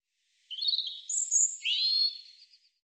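European robin song: one wavering phrase of high sliding notes and a thin trill, rising and falling for about two seconds, nothing else audible.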